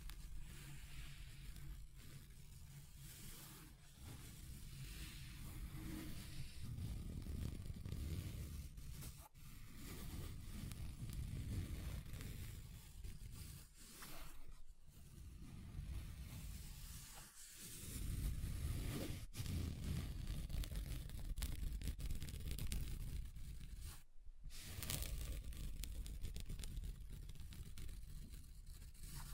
Table Scratching Different Surfaces